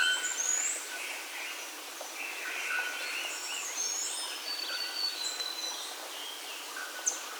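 Bird calls: high swooping whistles, warbled mid-range notes and a long thin tone, several birds overlapping against a steady hiss.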